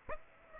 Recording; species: mosquito wingbeat signal from an infrared sensor; Aedes aegypti